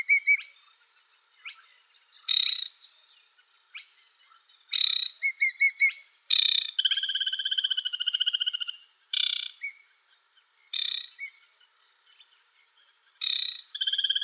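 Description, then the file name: Aquatic warbler giving rasping, stuttering rattles mixed with sustained buzzy trills and a few repeated clear whistles. "WODNICZKA"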